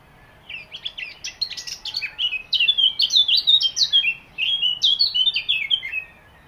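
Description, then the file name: Eurasian blackcap delivering a busy, scratchy warble that turns into loud, clear flutey whistles. "Sylvia atricapilla"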